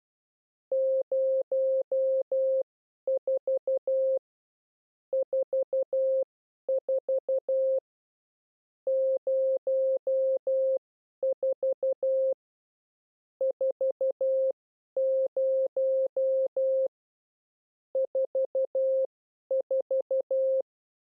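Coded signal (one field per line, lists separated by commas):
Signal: Morse code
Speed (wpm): 12 wpm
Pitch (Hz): 530 Hz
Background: none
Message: 04 44 04 40 44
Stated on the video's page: Morse code lesson teaching the characters 4 and 0.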